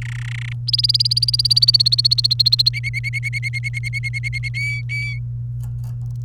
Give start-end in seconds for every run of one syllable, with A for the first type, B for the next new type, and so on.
0.02-0.53 A, 0.67-2.69 B, 2.73-4.49 C, 4.54-5.18 D